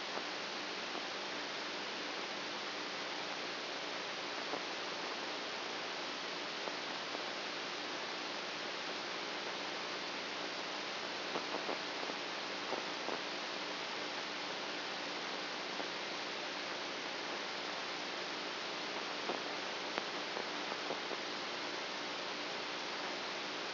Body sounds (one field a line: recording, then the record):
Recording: brain microelectrode recording played as sound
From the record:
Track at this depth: inside the subthalamic nucleus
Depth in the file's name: 4.501 mm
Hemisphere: right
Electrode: 2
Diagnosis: Parkinson's disease